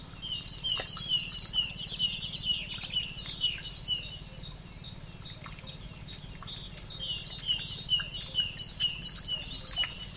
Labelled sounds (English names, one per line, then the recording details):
Great Tit
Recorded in the wild
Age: adult
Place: Ossiach, AT
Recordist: Brunner, Thomas